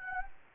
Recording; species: mosquito wingbeat signal from an infrared sensor; Anopheles gambiae